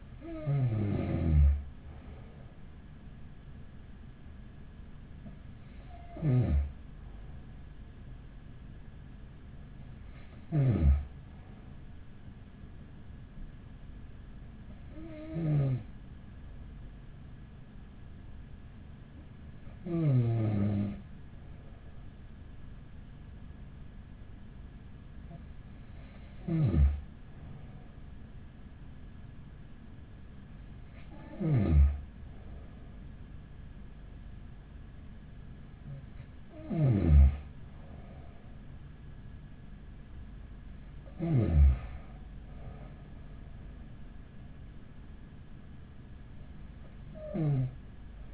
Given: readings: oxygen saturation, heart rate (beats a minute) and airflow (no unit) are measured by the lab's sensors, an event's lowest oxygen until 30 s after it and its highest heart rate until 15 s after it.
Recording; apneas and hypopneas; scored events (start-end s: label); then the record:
breathing in sleep by a smartphone at the bedside; none
none scored
From the record:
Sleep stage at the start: N2 (light sleep); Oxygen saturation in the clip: 94 to 95%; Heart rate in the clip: 42 to 45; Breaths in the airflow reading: 9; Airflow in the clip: -7.3 to 9.2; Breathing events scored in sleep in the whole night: 207 in 7.6 hours asleep